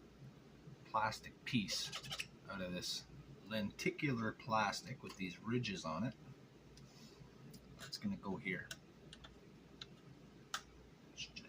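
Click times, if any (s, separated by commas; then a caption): 10.5 s. A custom-cut ridged plastic panel is pressed into place on a U.S.S. Excelsior starship model kit hull while someone talks. After the talking, a few faint ticks follow, then a sharp snap at 10.5 s as the panel seats in place.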